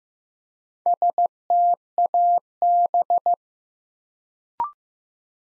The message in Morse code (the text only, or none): STAB